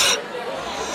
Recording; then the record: coughing mixed with background sound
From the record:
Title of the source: 64 coughing, allergies, singing lungs